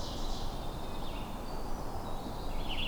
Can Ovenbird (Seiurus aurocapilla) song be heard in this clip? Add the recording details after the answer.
yes. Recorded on 21 June 2016 at 08:00. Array SBT-6-76